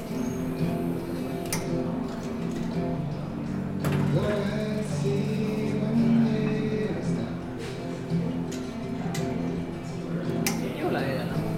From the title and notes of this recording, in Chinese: 坐在咖啡馆有点开心｜城市声音。北京地坛旁边 没有特地录说话声。